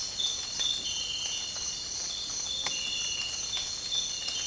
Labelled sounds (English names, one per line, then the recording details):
none
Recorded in dense forest near Puerto Asís, Putumayo, Colombia, on 8 March 2025 at 06:00
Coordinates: 0.467, -76.328
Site G041